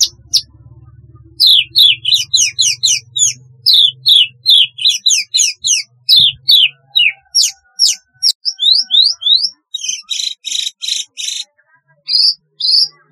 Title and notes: Kicau Burung Branjangan